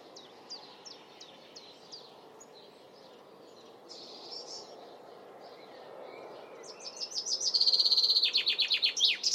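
Bird song: scattered high, sharp chirps, then a loud, fast, rhythmic trill of high notes, with a soft background hiss.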